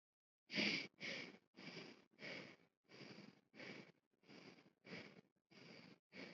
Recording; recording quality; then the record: shallow breathing; excellent, no background noise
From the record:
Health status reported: COVID-19 positive, mild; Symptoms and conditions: none ticked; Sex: male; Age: 24 years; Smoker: not ticked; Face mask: not worn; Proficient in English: yes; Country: India